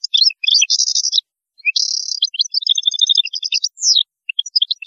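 European goldfinch song, a fast jumble of high liquid twitters, buzzy trills and tinkling notes with only brief pauses.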